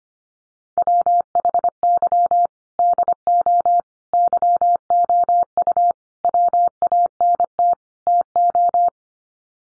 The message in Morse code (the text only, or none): WHY DO YOU WANT TO